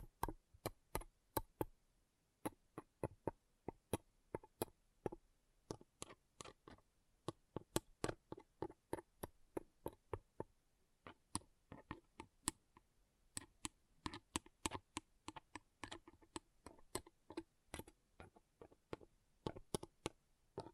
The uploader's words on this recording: ASMR Ultimate Pom Pom Tingles (No Talking).